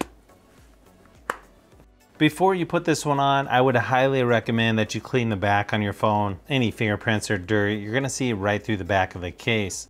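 A Crave Clearguard clear case, with thick TPU around the edges and harder plastic on the back, is pressed onto a Google Pixel 6A starting at the button side, and it snaps into place. Sharp short clicks are heard at 0.0 s and 1.3 s over quiet background music. After that, someone talks.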